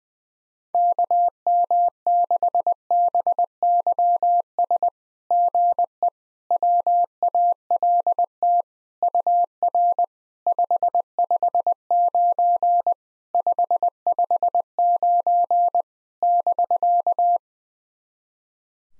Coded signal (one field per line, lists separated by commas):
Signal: Morse code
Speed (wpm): 20 wpm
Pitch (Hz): 700 Hz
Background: none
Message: KM6BYS GE WALT UR 559 559 <BK>